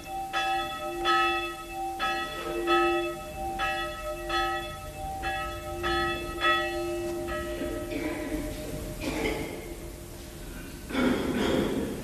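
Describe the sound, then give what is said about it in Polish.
A church bell tolls for a funeral at a small cemetery in the Hungarian town of Sopron, signalling the priest leaving the gravedigger's house for the chapel, in slow, steady strokes, each ringing tone overlapping the next, with a faint breathy rustle beneath and a brief dip before the final strikes. “Dzwon bije na znak, że oto w tej chwili ksiądz wyszedł z domku grabarza i udaje się do kaplicy.”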